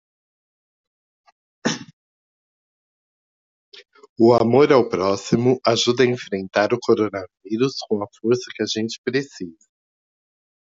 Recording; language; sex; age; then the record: spoken sentence; Brazilian Portuguese; male; 50 to 59 years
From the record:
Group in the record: control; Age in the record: 57 years